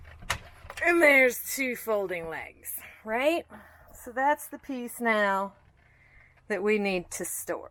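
The second folding leg of the table in a 2020 Winnebago Travato 59GL is swung down and its bracket is pushed until it locks, with a sharp click at 0.3 s. Someone talks before and after the click.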